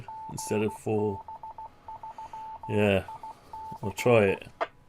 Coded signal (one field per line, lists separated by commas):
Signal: Morse code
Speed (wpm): 16 wpm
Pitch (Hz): 880 Hz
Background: speech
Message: GB3IC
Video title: 7 Band HF Antenna Switcher 32 - Unifying 3D Printed Parts - Optimising - G7UIV David